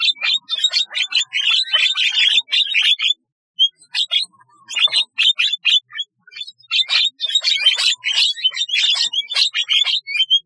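Starling song of quick, varied chatters and squeaky notes in bursts, broken by a short silent gap partway through.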